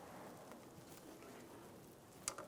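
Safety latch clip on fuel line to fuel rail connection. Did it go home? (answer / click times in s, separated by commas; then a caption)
yes / 2.3 s. A plastic safety latch is pushed on over the fuel line to fuel rail connection on a 1997–2006 Jeep Wrangler, with quiet low background noise throughout. A sharp click at 2.3 s, followed by a softer tick at 2.4 s, marks the latch locking the fuel line in place.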